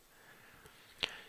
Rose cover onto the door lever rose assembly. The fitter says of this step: and then rotate clockwise to lock into place